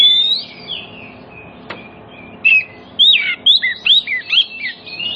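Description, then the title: Oriental magpie-robin singing soft drawn-out whistles, a single click, then a lively burst of loud, quickly repeated sweeping whistled notes. Kacer song played as a lure so that other magpie-robins start singing within about five minutes, meant for birds that have stopped singing. "Cukup Hitungan Menit Kacer Lain Bisa Bunyi. CUKUP 5 Menit Kacer LAIN NYAUT JADI GACOR, PANCINGAN KACER MACET BUNYI"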